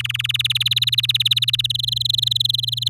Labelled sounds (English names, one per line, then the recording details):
Domestic Canary song
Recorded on 8 May 2018 at 05:36
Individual llb16